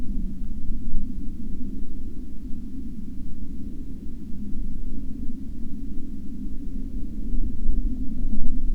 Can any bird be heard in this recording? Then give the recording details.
no. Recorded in the Prudhoe Bay oil fields, Alaska, on 7 August 2019 at 03:48. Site 17